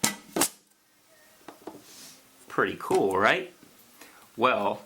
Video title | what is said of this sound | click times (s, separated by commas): INTENSE 2000 lb bearing! New invention? MUST SEE !!! | this little dado cut that I made so that the lid snaps in place pretty | 0.0 s